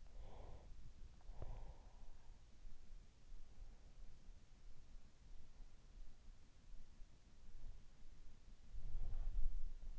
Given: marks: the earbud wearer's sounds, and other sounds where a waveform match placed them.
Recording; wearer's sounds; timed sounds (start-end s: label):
sounds in sleep by an in-ear microphone; breath, body movement
0.00-2.32 s: breath
8.53-9.99 s: body movement